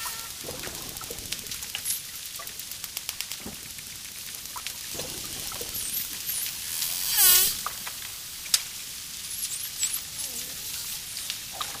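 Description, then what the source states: Rapid dolphin click trains, then a loud buzzy burst of pulses, with a few high curved whistles. Clicking and whistling of a dolphin.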